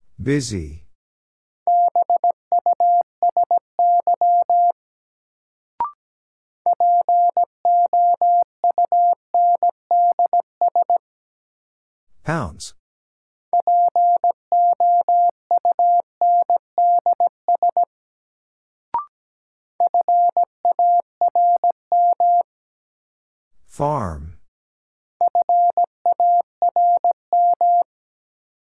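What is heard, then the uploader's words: A word is sent in Morse code as a steady mid-pitched beep keyed into quick dots and dashes, and the same message repeats roughly every twelve seconds. Each repetition opens with a brief swooshing burst, and a single faint click falls midway through. New Word Drill - 17wpm. First, the word is sent in Morse code. Then it is spoken.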